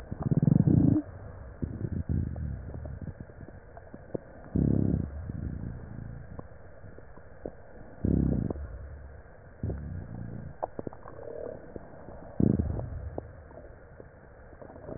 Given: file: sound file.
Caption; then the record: Two respiratory medicine physicians separately listened to the recordings and characterized them as follows: (7) tubular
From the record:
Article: Back to the future: the novel art of digital auscultation applied in a prospective observational study of critically ill Covid-19 patients